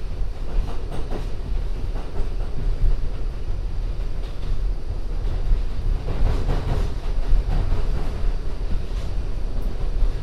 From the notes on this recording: A binaural field recording, from the Queens Museum to my apartment in Harlem via the MTA